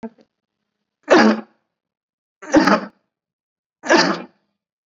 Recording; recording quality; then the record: heavy voluntary cough; excellent, no background noise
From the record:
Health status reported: COVID-19 positive, mild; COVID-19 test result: positive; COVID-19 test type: RT-PCR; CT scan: not taken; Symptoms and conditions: sore throat, fatigue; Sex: male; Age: 39 years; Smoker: yes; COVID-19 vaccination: both doses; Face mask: worn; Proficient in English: yes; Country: India